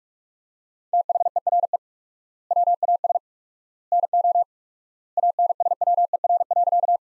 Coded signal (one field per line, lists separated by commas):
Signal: Morse code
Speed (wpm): 46 wpm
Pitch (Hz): 700 Hz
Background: none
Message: THERE WAS NO ANSWER.